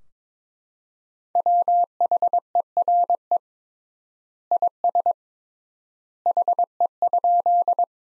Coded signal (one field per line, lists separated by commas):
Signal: Morse code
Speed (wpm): 21 wpm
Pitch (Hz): 700 Hz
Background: none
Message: WHERE IS HE?